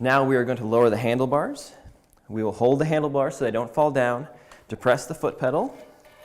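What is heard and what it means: A man talks while preparing to lower the handlebar stem on a Glion SnapNGo 335 folding mobility scooter: the handlebar is held so it doesn't fall and the foot pedal is depressed to release the latch. Faint music may play underneath, and nothing has seated or clicked yet.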